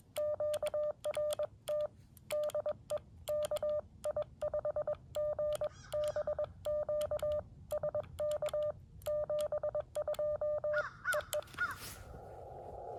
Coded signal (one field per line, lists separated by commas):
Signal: Morse code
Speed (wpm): 21 wpm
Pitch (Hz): 600 Hz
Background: none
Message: QRT DE KI5GBQ SK 72 EE